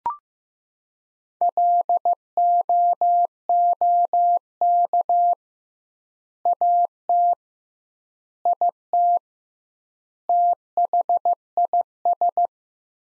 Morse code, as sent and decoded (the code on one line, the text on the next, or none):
.-.. --- --- -.- / .- - / .. - / - .... .. ...
LOOK AT IT THIS